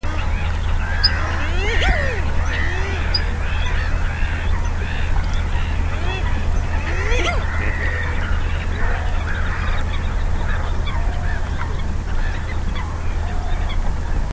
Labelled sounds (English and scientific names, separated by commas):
Common Pochard (Aythya ferina)